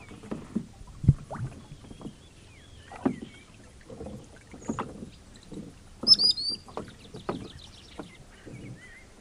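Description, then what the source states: Common sandpiper uttering a short, high, thin trilled phrase midway, with fainter high notes, amid the thumps and splashes of rowing. Recorded on a lake while rowing; rowing sounds audible.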